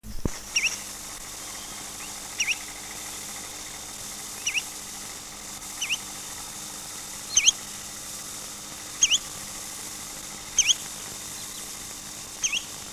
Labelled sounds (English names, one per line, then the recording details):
Spotted Redshank call
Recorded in the wild
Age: adult
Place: Bölsdorfer Haken, Altmark, Sachsen-Anhalt, DE
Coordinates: 52.508, 11.964
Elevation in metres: 32
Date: 1963-08-12
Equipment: R 21, Transistorverstärker, Vollspur
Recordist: Lippert, Wolfgang
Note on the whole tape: Rufe